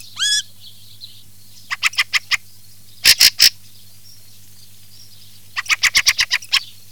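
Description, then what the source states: Fieldfare calls, rough chack notes in short runs, a loud triple burst midway and a quick rattling series near the end, opening with a hooked whistle over faint hum. Recording filtered.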